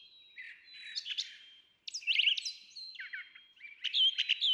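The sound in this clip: Brown Thrasher song with a few varied phrases, slurred whistles and sharp chips, backed by a faint steady high tone.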